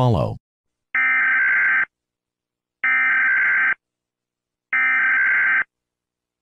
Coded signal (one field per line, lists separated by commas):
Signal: Emergency Alert System (SAME) tones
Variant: header bursts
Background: speech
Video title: EAS SCENARIO) End of the Union of Britannian Socialist Republics (Part 1)